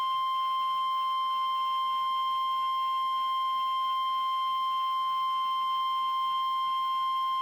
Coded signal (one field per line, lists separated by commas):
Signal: Emergency Alert System (SAME) tones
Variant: 1050 Hz attention tone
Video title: EAS #1343 - Blizzard Warning Christmas Day 2015